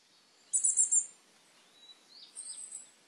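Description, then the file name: Coal tit song: one rapid phrase of very high, thin repeated notes, followed by softer, fainter high calls. Recorded on 18 June 2014 on Sado Island. "higaraj osado"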